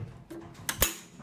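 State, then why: Seated. A plastic part of an Ikea drawer is pushed into the drawer frame. A soft knock at 0.3 s and a sharp tap at 0.7 s come before a louder, crisp click at 0.8 s. The part is seated and clicked into place.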